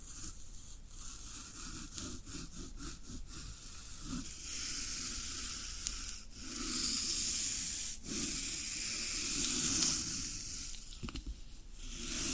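Floral foam being rubbed and scraped, a dense, steady hiss of crumbling and grating texture with low rustling underneath. Brief pauses near 6 and 8 seconds break the sound, and a burst of quick crisp scratches comes around 11 seconds.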